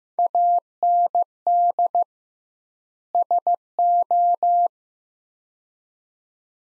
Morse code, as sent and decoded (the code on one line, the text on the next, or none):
.- -. -.. / ... ---
AND SO